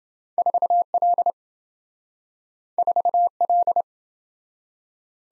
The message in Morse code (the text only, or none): 4L 4L